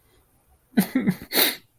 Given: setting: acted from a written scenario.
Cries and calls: vocal sound without words; sadness

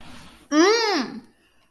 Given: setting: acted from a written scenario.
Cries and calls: vocal sound without words; disgust

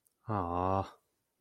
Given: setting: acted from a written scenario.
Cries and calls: vocal sound without words; disappointment

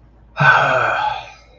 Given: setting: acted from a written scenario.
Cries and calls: vocal sound without words; contempt

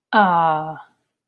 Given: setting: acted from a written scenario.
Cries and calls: vocal sound without words; adoration

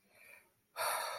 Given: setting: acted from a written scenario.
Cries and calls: vocal sound without words; disappointment

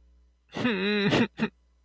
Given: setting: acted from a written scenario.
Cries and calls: vocal sound without words; sadness

